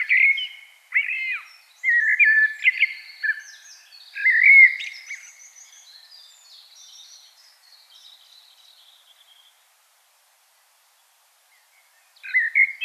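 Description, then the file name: Common blackbird singing mellow, fluty warbled notes trailing into soft high-pitched twittering, then a few seconds of quiet before a new phrase starts. "Turdus merula"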